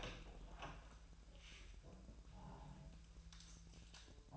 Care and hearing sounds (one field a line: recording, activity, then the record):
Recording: daily activity, microphone in the room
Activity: open door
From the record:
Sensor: 2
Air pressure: 1001.3 hPa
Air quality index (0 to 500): 246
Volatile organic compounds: 84 ppm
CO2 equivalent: 3636 ppm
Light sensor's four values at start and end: 10/24/10/10 and 10/24/10/10